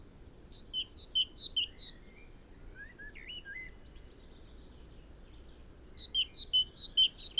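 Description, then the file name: Great tit song: clear two-note phrases, a high note dropping to a lower one, repeated several times, then a pause with soft twittering, then more phrases. "Parus major"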